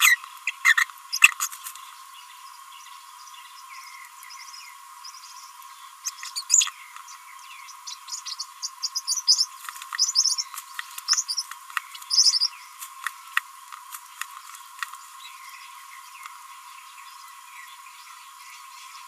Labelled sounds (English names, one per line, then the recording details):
Green-rumped Parrotlet babbling
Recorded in a nest box in Venezuela
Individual 18B25A5